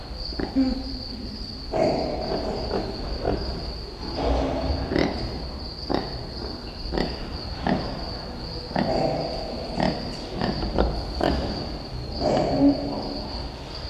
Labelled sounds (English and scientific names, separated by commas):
Brown Lemur (Eulemur fulvus) call